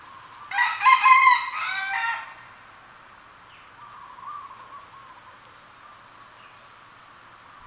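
Red junglefowl giving a single hoarse crow with several stuttering syllables, then quiet with faint chirps and a bird call.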